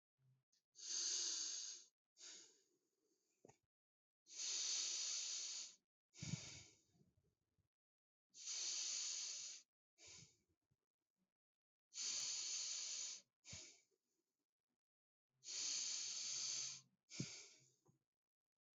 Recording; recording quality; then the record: deep breathing; excellent, no background noise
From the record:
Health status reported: healthy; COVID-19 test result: not tested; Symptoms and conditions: breathing difficulty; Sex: male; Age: 25 years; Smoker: yes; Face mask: not worn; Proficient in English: yes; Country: India